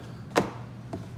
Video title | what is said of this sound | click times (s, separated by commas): 24v Tundra - Mirror & Windshield Fix | sometimes you got to give a little bit of force once you hear that click you're good to go | 0.4 s